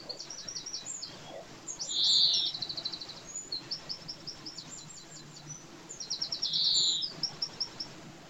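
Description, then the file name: European greenfinch twittering in rapid chipping trills, broken twice by a long buzzy wheeze, with brief pauses between bursts. "Chloris chloris"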